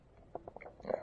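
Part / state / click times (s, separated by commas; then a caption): electrical connector onto ignition coil pack / seated / 0.9 s. A plastic electrical connector is pushed onto a new ignition coil pack being installed on the engine of a boosted FRS, producing a few faint scuffing taps before a sharper click at 0.9 seconds. The connector seats on the coil pack.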